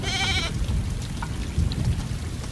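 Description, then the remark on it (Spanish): Heavy rain pours in a steady, dense hiss over a deep rumbling undertone, with a short sheep bleat at the very start. “Sí, hacía tiempo que no llovía tan fuerte.”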